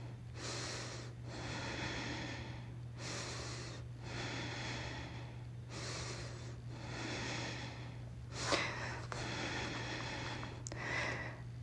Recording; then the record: deep breathing after running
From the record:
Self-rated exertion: moderate exertion (3 of 6); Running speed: 5 miles an hour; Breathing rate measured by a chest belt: 23 breaths a minute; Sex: female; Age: 51 years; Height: 160 cm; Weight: 57 kg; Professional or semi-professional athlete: no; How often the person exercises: over 5 times a week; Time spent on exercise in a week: 1 to 2 hours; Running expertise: no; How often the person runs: under once a week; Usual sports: yoga